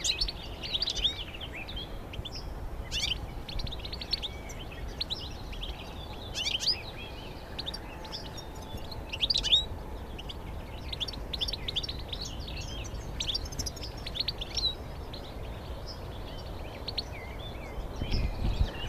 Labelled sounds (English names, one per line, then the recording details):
European Goldfinch song
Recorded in the wild
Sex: group
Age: adult
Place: Hobrechtsfelder Rieselfelder, Naturpark Barnim, Berlin, DE
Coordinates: 52.667, 13.4715
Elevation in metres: 60
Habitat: meadow
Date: 2014-04-19
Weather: cloudy, almost windless, 5°C
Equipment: Sound Devices 702, Sennheiser MKH 70, Rycote Windschutz
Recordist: Frommolt, Karl-Heinz